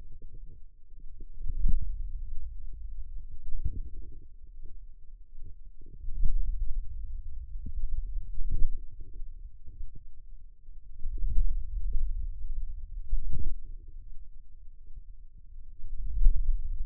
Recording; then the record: forearm muscle sounds (acoustic myography)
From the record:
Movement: hand closing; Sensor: system 2, bracelet of six BSWA MPA416 microphones around the upper forearm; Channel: 6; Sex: female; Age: 22 years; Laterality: right